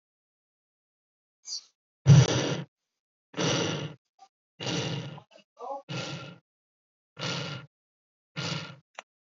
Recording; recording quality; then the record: shallow breathing; excellent, no background noise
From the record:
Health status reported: healthy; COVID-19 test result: not tested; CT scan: not taken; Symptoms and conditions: none ticked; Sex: male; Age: 30 years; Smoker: no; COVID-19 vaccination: one dose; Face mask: not worn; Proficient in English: yes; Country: India